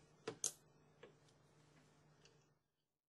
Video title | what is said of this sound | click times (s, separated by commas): Official Intel LGA 1366 Processor Integration (Installation) Video | Using a crisscross pattern, push down on the caps until they click in place. | 0.3 s, 0.4 s, 1.0 s, 2.2 s